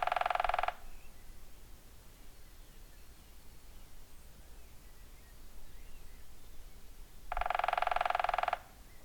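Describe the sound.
Woodpecker drumming: a roll of rapid taps ends just after the start, then after a quiet gap a second resonant burst of about one second follows.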